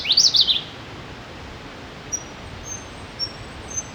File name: Slaty bellied tesia